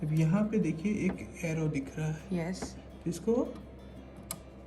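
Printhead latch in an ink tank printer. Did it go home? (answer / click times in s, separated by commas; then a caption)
yes / 4.3 s. A printhead latch on a Smart Tank Plus 555 ink tank printer is closed after the printhead has been installed. Someone talks while closing it, and a single short click is heard at 4.3 s. The printhead latch locks closed.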